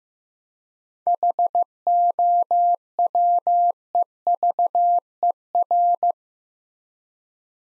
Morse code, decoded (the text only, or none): HOWEVER